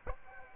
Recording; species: mosquito wingbeat signal from an infrared sensor; Aedes aegypti